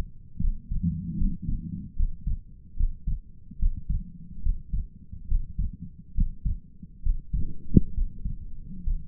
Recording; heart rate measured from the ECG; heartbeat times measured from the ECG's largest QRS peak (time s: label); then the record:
heart sounds by stethoscope; 71 bpm
0.41 s: heartbeat
1.18 s: heartbeat
1.97 s: heartbeat
2.77 s: heartbeat
3.60 s: heartbeat
4.43 s: heartbeat
5.29 s: heartbeat
6.16 s: heartbeat
7.04 s: heartbeat
7.95 s: heartbeat
8.85 s: heartbeat
From the record:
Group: healthy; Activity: breath hold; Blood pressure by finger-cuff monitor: 114/63 mmHg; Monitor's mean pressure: 74 mmHg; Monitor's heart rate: 73 bpm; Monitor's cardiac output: 6.2 L/min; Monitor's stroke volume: 85 mL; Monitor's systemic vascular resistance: 830 dyn s/cm5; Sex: male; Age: 22 years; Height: 181 cm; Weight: 79 kg